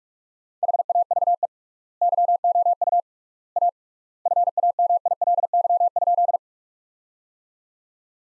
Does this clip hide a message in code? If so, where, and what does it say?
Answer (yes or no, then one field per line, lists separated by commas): yes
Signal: Morse code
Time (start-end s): 0.6-6.4 s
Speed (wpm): 46 wpm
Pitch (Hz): 700 Hz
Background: none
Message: HAVE YOU A FAMILY?